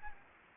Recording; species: mosquito wingbeat signal from an infrared sensor; Anopheles gambiae